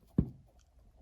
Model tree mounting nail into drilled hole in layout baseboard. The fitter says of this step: Hab vielleicht gehört und einmal so klack kurz gemacht dann und dann sitzt der eigentlich super gut fest drinne.